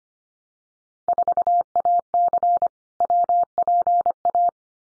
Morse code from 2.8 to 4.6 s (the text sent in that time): WPA